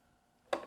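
A plastic battery compartment cover on a toy ghost trap is pushed open, and after near silence its latch gives a single sharp tick at 0.5 s that fades quickly. The click shows the latch has released and the cover is open.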